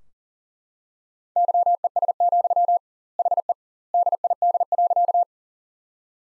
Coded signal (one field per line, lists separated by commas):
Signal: Morse code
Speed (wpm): 37 wpm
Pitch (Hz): 700 Hz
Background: none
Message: YES, HE DID.